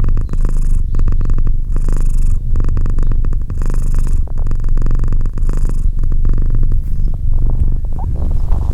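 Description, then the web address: Domestic cat, steady low purring rumble rising and falling with its breathing, continuing without a break. "Cat Purr 201308 Cat purr"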